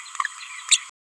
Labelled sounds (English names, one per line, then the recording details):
Green-rumped Parrotlet babbling
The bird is a male
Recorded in a nest box in Venezuela
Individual 17B31A2